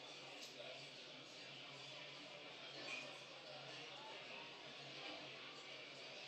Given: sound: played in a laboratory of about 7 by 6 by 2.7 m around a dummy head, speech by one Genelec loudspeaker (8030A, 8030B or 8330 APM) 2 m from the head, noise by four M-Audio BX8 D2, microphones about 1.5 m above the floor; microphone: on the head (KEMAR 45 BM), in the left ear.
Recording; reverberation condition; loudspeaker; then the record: cafeteria noise; medium; four, about 170 cm from the corners of the room and facing them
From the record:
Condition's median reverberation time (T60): about 510 ms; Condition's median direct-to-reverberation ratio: about -0.5 dB